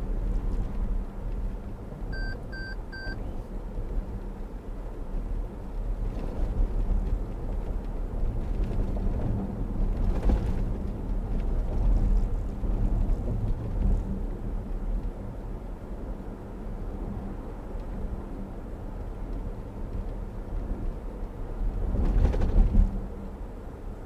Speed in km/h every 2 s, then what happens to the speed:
56, 56, 55, 55, 55, 55, 55, 55, 56, 56, 56, 55.
0-24 steady at about 55.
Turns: none.